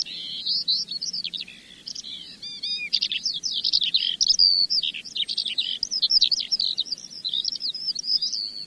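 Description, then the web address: Eurasian skylark song, a rapid, nearly continuous stream of high warbling, trilling and chirping notes. "earth naturelibrary assets s sk skylark"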